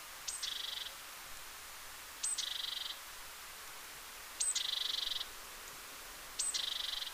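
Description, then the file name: Great tit calls: a sharp high note followed by a buzzy, churring rattle, given four times about every two seconds over faint steady background hiss. "Parus major"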